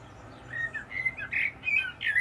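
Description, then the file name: Common blackbird giving a run of squawky, slurred call notes, steady and harsh, over a low background hum. "Turdus merula"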